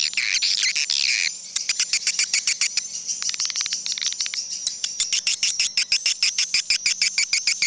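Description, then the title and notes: Swiftlets: a burst of shrill twittering, then rapid trains of dry clicks, several per second, over a thin high chirping chorus. Associated with swiftlet farming in Asia. "Swiflet Bird Sound. Farming Swiflet Bird asia sound"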